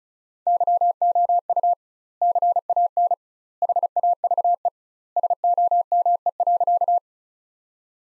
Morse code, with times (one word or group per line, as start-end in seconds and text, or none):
0.5-1.7 YOU
2.2-3.1 CAN
3.6-4.7 HAVE
5.2-7.0 SOME.